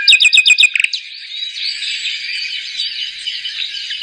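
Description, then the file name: Common nightingale song, starting with five fast repeated chirping notes and a quick burst, then a steady stretch of soft, dense chattering warble. "Nachtigall"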